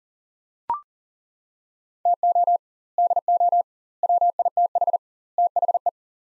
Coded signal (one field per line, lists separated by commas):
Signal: Morse code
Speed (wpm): 40 wpm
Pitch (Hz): 700 Hz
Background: none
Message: TO DO WITH THE